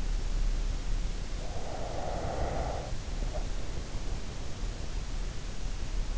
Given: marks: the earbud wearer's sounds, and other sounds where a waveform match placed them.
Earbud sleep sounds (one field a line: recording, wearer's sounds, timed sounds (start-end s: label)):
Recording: sounds in sleep by an in-ear microphone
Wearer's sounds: breath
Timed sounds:
1.36-4.35 s: breath